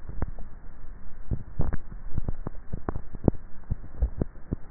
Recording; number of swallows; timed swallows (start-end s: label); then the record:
swallowing sounds by neck microphone; 2
1.48-2.18 s: swallow
3.92-4.38 s: swallow
From the record:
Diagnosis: dysphagia